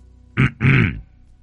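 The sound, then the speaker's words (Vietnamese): A deliberate cough in two quick bursts, a short one followed by a longer, throaty, voiced one, coming from behind, heard alone against a quiet background. “Cô chưa kịp tiến lại gần chồng mình thì đằng sau đã có tiếng ho vọng lại.”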